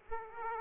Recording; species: mosquito wingbeat signal from an infrared sensor; Aedes aegypti